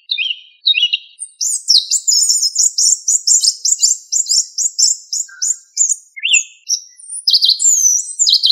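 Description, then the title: Thrush song: a rapid run of high, sharp chirping notes repeated several times a second, with short whistled phrases opening and closing the passage. "Familia Turdidae - Sabia"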